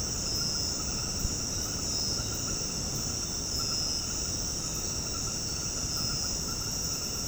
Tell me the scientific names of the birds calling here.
none